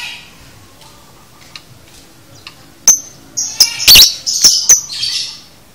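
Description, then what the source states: Lovebird calls: a few faint ticks, then a cluster of loud, shrill shrieks and chirps in quick succession. Training recording for a lovebird, demonstrating the 'konslet' chattering song style.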